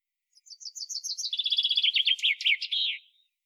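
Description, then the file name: Common chaffinch giving one complete song, a fast run of clear notes that falls in pitch and finishes with an emphatic flourish. "Fringilla coelebs"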